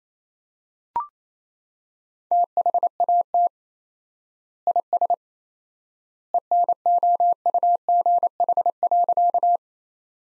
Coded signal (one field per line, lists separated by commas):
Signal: Morse code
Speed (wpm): 28 wpm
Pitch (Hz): 700 Hz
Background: none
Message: THAT IS ENOUGH.